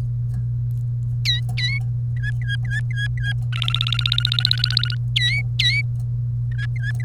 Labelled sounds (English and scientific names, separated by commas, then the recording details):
Domestic Canary (Serinus canaria) song
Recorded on 30 April 2018 at 16:46
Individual llb3